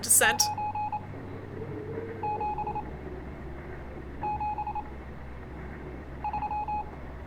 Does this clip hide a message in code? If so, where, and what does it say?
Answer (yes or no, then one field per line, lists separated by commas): yes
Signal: Morse code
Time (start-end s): 0.2-6.8 s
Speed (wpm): 26 wpm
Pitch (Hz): 840 Hz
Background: speech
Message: 9 7 7 3